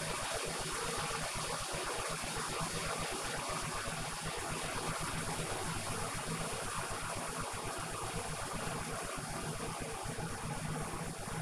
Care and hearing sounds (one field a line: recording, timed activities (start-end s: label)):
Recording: household activities, microphone on the right wrist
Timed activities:
0.00-11.42 s: making tea